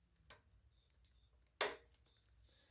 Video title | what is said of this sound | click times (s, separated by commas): how to take a carburetor off and clean it on a Cub Cadet riding lawn mower year 2003. ags2140 | And you want to hear it snap in. When it snaps in, you know you got it in there. | 1.6 s